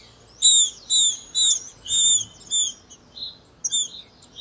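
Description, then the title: Green-winged saltator delivering loud, clear repeated notes roughly twice a second, each with a bright overtone, fading into lighter, quicker notes. Female singing a male-like song (macheando), in season. "FÊ MEA DE TRINCA FERRO MACHEANDO. TRINCA FERRO CHIQUINHA NA TEMPORADA"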